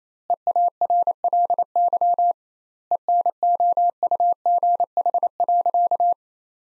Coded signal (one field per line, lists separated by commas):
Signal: Morse code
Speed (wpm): 28 wpm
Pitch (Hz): 700 Hz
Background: none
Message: EARLY ENOUGH.